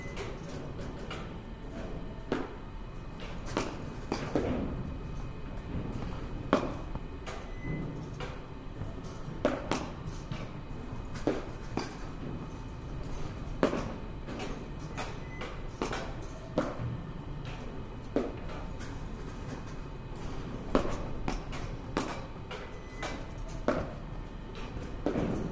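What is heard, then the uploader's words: At a batting cage, sharp cracks and thuds land irregularly every second or two over a steady low machine hum and faint voices. バッティングセンターの音です. Sound of batting cage.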